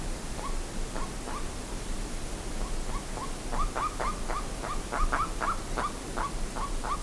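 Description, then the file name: Bird yelps, faint and sparse at first, then louder and quicker upswept notes repeated in a steady series, with low background rumble. "SABIOD 50 bird 2015"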